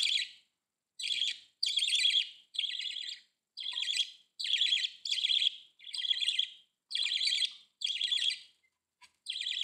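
Budgerigar calls, harsh buzzy chattering bursts in a steady run, each lasting under a second with short pauses between.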